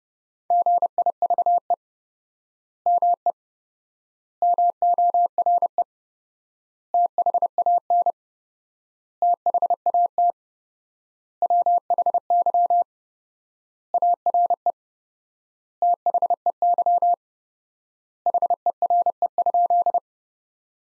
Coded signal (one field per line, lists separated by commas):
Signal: Morse code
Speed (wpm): 31 wpm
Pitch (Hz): 700 Hz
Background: none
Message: GIVE ME MORE THAN THAT WHY ARE THEY HERE?